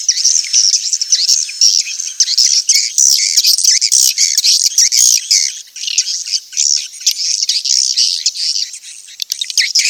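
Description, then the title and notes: Swiftlet calls, loud continuous high twittering with buzzy chirps and thin whistles. Swiftlet sound used in swiftlet farming in Asia. "Swiflet Bird Sound. Farming Swiflet Bird asia sound"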